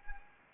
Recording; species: mosquito wingbeat signal from an infrared sensor; Anopheles arabiensis